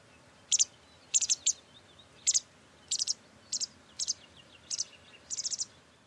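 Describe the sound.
White wagtail giving sharp high chips in clusters of two or more, each cluster separate from the next, about one every half second to second, over a low steady hiss.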